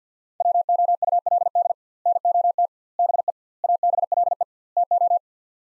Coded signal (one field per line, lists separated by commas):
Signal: Morse code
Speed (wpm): 50 wpm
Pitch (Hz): 700 Hz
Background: none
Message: WOULD NOT BE ABLE TO